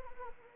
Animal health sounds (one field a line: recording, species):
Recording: mosquito wingbeat signal from an infrared sensor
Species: Anopheles arabiensis